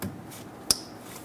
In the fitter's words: Make sure that clicks.